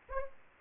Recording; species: mosquito wingbeat signal from an infrared sensor; Aedes aegypti